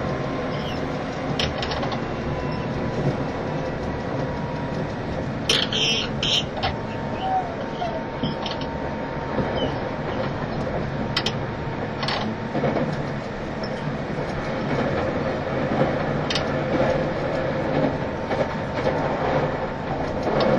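A train runs with a steady, dense low rumble, a thin whine held throughout, and scattered sharp clicks and rattles, especially around five seconds.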